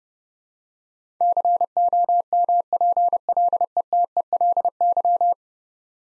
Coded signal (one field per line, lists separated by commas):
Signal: Morse code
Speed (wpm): 30 wpm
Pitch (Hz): 700 Hz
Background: none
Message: COMPLETELY